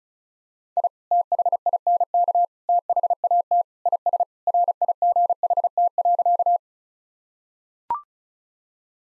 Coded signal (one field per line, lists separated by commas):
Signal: Morse code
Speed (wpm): 36 wpm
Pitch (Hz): 700 Hz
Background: none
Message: I THINK THAT IS RIGHT.